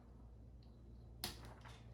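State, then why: Seated. A child sets a plastic building toy piece straight down onto a base piece and turns it like a key until it locks with a sharp click at 1.2 s. A softer tap follows around 1.7 s over a low, steady background hum. The piece is seated.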